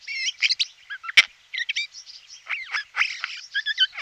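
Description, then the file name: Eurasian jay giving a varied chatter of short chirps, clicks and squeaky notes in quick irregular sequence, with one sharp loud click early on. "Sojka - Garrulus glandarius"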